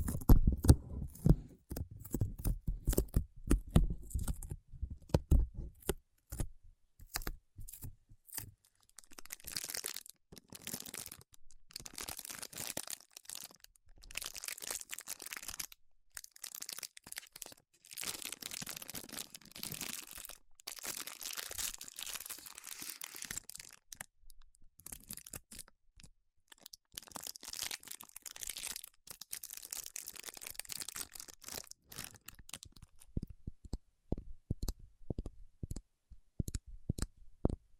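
Paraffin wax is peeled, tapped and scratched in a dry, crackly stream of short clicks and scrapes. The opening seconds carry heavier, lower thumps, then bursts of brighter, hissy scratching come and go around 10, 20 and 30 seconds, separated by sparser tapping.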